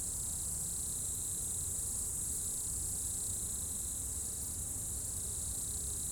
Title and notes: route col du Chat, Bourdeau, France - Tutti insectes. Dans la première épingle de la route du col du Chat à Bourdeau, insectes dans le talus et les arbres au crépuscule